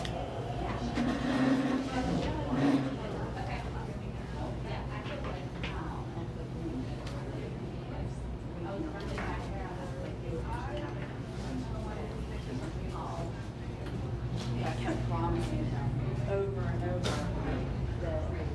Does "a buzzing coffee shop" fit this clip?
yes